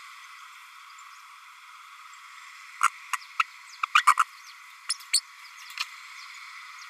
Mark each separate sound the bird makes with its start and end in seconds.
2.83-2.88, 3.13-3.17, 3.39-3.44, 3.94-4.04, 4.07-4.14, 4.19-4.24, 4.89-4.94, 5.13-5.21